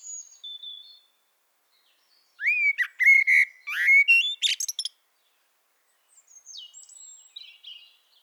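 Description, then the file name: Eurasian blackbird singing: faint high notes, then a loud mellow fluting phrase with squeaky flourishes, followed by softer twittering. "Turdus merula"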